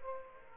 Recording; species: mosquito wingbeat signal from an infrared sensor; Aedes aegypti